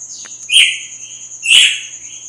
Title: Canto Galo Campina Fêmea. GALO DE CAMPINA AÇOITA FORTE NA MADRUGADA DEPOIS DA MUDA